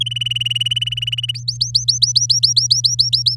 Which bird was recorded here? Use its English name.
Domestic Canary